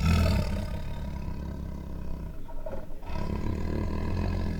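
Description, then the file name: White tiger's deep, rumbling growl, strongest at the opening, fading briefly in the middle and then resuming steadily. White tiger at a zoo, angry, making growls, snarls, snores and roars. "White Tiger at Zoo Makes Angry Growls, Snarls, Snores and Roars [Sound Ideas]"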